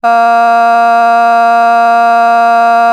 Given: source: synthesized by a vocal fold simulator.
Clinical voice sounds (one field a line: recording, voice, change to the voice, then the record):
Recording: sustained vowel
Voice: female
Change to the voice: vocal strain, level 5 of 10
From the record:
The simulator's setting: 0.44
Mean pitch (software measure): 233 Hz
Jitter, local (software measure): 0.38%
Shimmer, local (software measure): 1.8%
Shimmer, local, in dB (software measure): 0.15 dB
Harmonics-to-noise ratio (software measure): 27.7 dB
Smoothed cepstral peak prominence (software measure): 21.8 dB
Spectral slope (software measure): -17.9 dB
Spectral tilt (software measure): -7.4 dB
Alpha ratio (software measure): -8.4 dB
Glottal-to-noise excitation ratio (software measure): 0.990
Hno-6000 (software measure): 2.1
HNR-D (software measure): 42.1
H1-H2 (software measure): -0.1 dB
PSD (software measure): 2.0e-05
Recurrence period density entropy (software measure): 0.124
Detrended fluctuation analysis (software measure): 0.0111